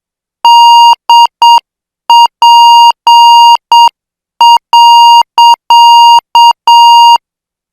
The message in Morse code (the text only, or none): DP.